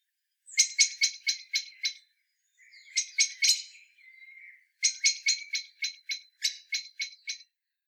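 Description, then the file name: Common blackbird uttering fast series of sharp, clicking chack notes in three bursts, with thin scratchy sounds around the middle burst. "Turdus merula"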